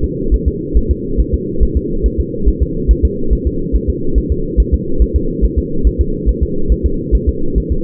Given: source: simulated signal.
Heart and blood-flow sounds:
fetal heart sounds
0.04 s: S2
0.34 s: S1
0.48 s: S2
0.77 s: S1
0.91 s: S2
1.20 s: S1
1.34 s: S2
1.63 s: S1
1.77 s: S2
2.06 s: S1
2.20 s: S2
2.49 s: S1
2.62 s: S2
2.91 s: S1
3.05 s: S2
3.33 s: S1
3.47 s: S2
3.75 s: S1
3.90 s: S2
4.18 s: S1
4.32 s: S2
4.60 s: S1
4.74 s: S2
5.02 s: S1
5.16 s: S2
5.44 s: S1
5.59 s: S2
5.87 s: S1
6.01 s: S2
6.29 s: S1
6.43 s: S2
6.72 s: S1
6.86 s: S2
7.15 s: S1
7.29 s: S2
7.58 s: S1
7.72 s: S2
From the record:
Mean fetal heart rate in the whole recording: 140 bpm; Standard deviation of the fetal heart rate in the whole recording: 2 bpm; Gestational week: 34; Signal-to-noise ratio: -8.1 dB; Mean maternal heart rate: 72 bpm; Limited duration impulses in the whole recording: present

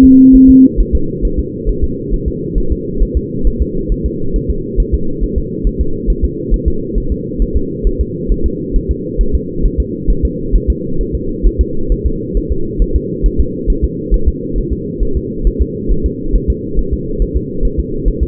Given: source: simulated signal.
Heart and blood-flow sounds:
fetal heart sounds
0.04 s: S2
0.35 s: S1
0.50 s: S2
0.81 s: S1
0.95 s: S2
1.25 s: S1
1.39 s: S2
1.69 s: S1
1.84 s: S2
2.14 s: S1
2.28 s: S2
2.58 s: S1
2.72 s: S2
3.03 s: S1
3.17 s: S2
3.47 s: S1
3.62 s: S2
3.92 s: S1
4.06 s: S2
4.36 s: S1
4.50 s: S2
4.80 s: S1
4.94 s: S2
5.23 s: S1
5.38 s: S2
5.67 s: S1
5.81 s: S2
6.10 s: S1
6.25 s: S2
6.54 s: S1
6.68 s: S2
6.98 s: S1
7.12 s: S2
7.42 s: S1
7.56 s: S2
7.87 s: S1
8.01 s: S2
8.32 s: S1
8.46 s: S2
8.76 s: S1
8.91 s: S2
9.21 s: S1
9.35 s: S2
9.66 s: S1
9.80 s: S2
10.10 s: S1
10.25 s: S2
10.56 s: S1
10.70 s: S2
11.01 s: S1
11.15 s: S2
11.47 s: S1
11.61 s: S2
11.92 s: S1
12.06 s: S2
12.37 s: S1
12.52 s: S2
12.82 s: S1
12.96 s: S2
13.26 s: S1
13.40 s: S2
13.70 s: S1
13.84 s: S2
14.14 s: S1
14.28 s: S2
14.58 s: S1
14.73 s: S2
15.03 s: S1
15.17 s: S2
15.47 s: S1
15.62 s: S2
15.92 s: S1
16.06 s: S2
16.36 s: S1
16.50 s: S2
16.79 s: S1
16.94 s: S2
17.22 s: S1
17.37 s: S2
17.65 s: S1
17.79 s: S2
18.08 s: S1
18.23 s: S2
From the record:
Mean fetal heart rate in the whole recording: 135 bpm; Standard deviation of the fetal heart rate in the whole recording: 3 bpm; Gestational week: 36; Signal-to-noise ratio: -8.1 dB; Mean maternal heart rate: 72 bpm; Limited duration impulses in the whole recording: present

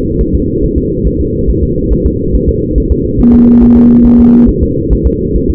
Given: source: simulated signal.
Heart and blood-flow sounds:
fetal heart sounds
0.21 s: S1
0.35 s: S2
0.64 s: S1
0.78 s: S2
1.07 s: S1
1.21 s: S2
1.50 s: S1
1.63 s: S2
1.93 s: S1
2.06 s: S2
2.35 s: S1
2.49 s: S2
2.78 s: S1
2.92 s: S2
3.21 s: S1
3.34 s: S2
3.63 s: S1
3.77 s: S2
4.06 s: S1
4.20 s: S2
4.49 s: S1
4.63 s: S2
4.93 s: S1
5.07 s: S2
5.36 s: S1
5.50 s: S2
From the record:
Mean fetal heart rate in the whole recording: 140 bpm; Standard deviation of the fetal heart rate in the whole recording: 2 bpm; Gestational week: 34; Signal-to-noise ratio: -14.7 dB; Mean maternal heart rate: 72 bpm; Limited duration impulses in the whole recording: present

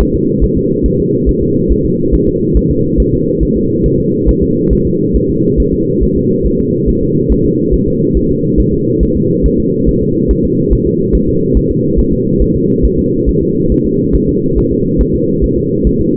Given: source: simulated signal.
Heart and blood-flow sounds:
fetal heart sounds
0.01 s: S1
0.15 s: S2
0.44 s: S1
0.57 s: S2
0.86 s: S1
1.00 s: S2
1.29 s: S1
1.43 s: S2
1.72 s: S1
1.85 s: S2
2.14 s: S1
2.28 s: S2
2.57 s: S1
2.71 s: S2
3.00 s: S1
3.14 s: S2
3.43 s: S1
3.57 s: S2
3.86 s: S1
4.00 s: S2
4.29 s: S1
4.43 s: S2
4.73 s: S1
4.87 s: S2
5.16 s: S1
5.30 s: S2
5.60 s: S1
5.74 s: S2
6.03 s: S1
6.17 s: S2
6.46 s: S1
6.60 s: S2
6.89 s: S1
7.03 s: S2
7.32 s: S1
7.46 s: S2
7.74 s: S1
7.88 s: S2
8.17 s: S1
8.31 s: S2
8.60 s: S1
8.73 s: S2
9.03 s: S1
9.16 s: S2
9.46 s: S1
9.60 s: S2
9.89 s: S1
10.02 s: S2
10.31 s: S1
10.45 s: S2
10.73 s: S1
10.87 s: S2
11.15 s: S1
11.29 s: S2
11.57 s: S1
11.71 s: S2
11.99 s: S1
12.13 s: S2
12.42 s: S1
12.56 s: S2
12.85 s: S1
12.99 s: S2
13.29 s: S1
13.43 s: S2
13.72 s: S1
13.86 s: S2
14.15 s: S1
14.29 s: S2
14.58 s: S1
14.72 s: S2
15.01 s: S1
15.15 s: S2
15.44 s: S1
15.58 s: S2
15.87 s: S1
16.01 s: S2
From the record:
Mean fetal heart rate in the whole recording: 140 bpm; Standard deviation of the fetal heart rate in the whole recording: 2 bpm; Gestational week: 34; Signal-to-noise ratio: -11.2 dB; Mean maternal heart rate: 72 bpm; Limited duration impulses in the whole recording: present

